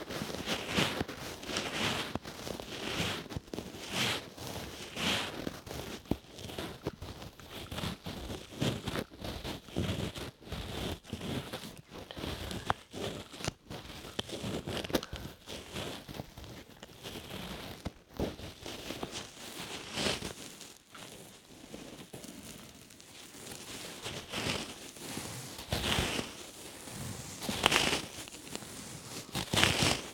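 Ear rubbing and brushing sounds, dense crinkly scratching with constant soft rustles and frequent sharp brushy swipes, brightening near the end.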